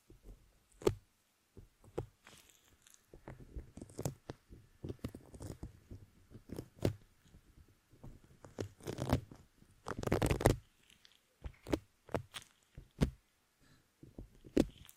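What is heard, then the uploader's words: Irregular crinkling, squeezing and scratching with sharp taps scattered throughout, including a denser, rougher stretch around ten seconds and brief pauses between. NO TALKING, Squeezing, Crinkles, Tapping, Scratching.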